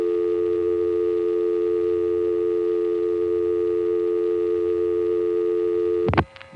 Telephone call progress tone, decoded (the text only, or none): dial tone